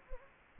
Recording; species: mosquito wingbeat signal from an infrared sensor; Anopheles gambiae